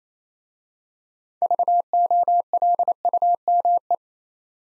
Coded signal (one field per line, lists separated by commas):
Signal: Morse code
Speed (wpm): 27 wpm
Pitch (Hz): 700 Hz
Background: none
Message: VOLUME